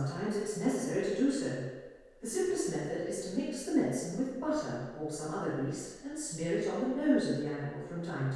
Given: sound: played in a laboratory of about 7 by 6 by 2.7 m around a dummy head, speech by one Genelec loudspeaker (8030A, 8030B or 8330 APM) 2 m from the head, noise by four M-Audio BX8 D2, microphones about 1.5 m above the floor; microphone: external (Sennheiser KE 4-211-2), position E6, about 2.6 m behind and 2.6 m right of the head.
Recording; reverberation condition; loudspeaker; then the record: female speech in English; high; 120 degrees to the left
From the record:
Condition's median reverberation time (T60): about 1300 ms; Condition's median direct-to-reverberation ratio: about -4.0 dB